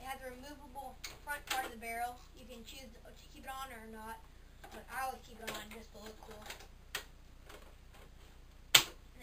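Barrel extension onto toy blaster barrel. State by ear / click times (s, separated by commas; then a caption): seated / 8.8 s. Someone talks while the removable front barrel extension of a plastic Nerf Vulcan EBF-25 toy foam-dart blaster is pushed back onto the barrel, with a few light handling taps along the way. A sharp, loud snap at 8.8 s marks the extension seating in place.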